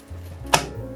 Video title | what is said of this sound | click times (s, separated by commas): Building a $1,500 PC - Workstation & Gaming | I'm going to push until I hear the click | 0.5 s